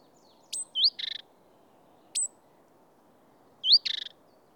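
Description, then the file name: Great tit giving a high thin note, a twisted whistle and a brief buzzy rattle, then a lone high note, then another twisted whistle and buzzy rattle. "Parus major"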